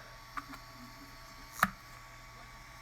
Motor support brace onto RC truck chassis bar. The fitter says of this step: hear that click in.